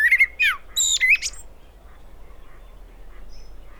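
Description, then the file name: Common blackbird calls: a quick run of short, sharp, upslurred notes with bright overtones in the first second and a half, then only soft background hiss. "Turdus merula"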